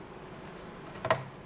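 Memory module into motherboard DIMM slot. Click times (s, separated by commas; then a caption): 1.0 s, 1.1 s. A RAM memory module is pressed down into a motherboard DIMM slot until the plastic retention latches click on both sides. Two sharp clicks sound at 1.0 s and 1.1 s, the second louder, against a quiet background. The module is seated.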